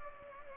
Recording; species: mosquito wingbeat signal from an infrared sensor; Culex pipiens